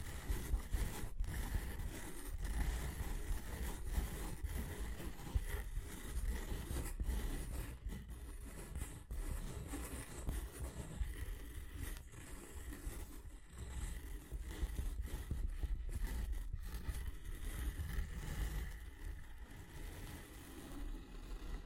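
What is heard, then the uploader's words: Tapping and scratching continue densely for the whole stretch, a rough scraping texture layered with frequent sharp taps that come irregularly, several a second at times. A low rumble sits underneath throughout, and the overall level stays fairly even from start to finish. Tapping and Scratching (No Talking).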